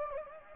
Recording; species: mosquito wingbeat signal from an infrared sensor; Anopheles gambiae